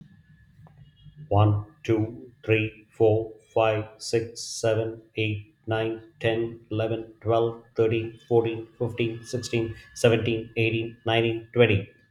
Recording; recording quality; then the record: counting at a normal pace; excellent, no background noise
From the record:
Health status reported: exposed to COVID-19, no respiratory illness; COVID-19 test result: negative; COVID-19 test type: rapid antigen test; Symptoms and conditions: cold, fatigue, muscle pain, diabetes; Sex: male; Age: 52 years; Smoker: no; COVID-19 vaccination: both doses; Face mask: not worn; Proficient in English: yes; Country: India